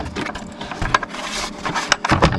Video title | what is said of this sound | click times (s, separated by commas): How To Change Your Cars Thermostat In A 2009 Jeep Patriot (Complete Step By Step) | that you just push it right in pops right into place | 0.9 s, 1.9 s